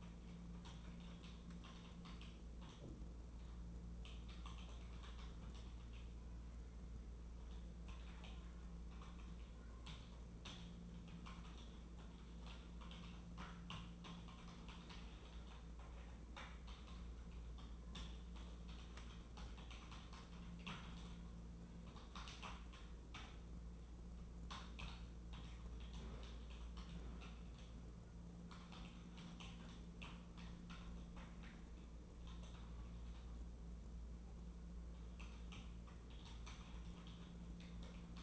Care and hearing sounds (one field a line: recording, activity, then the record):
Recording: daily activity, microphone in the room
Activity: typing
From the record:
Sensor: 1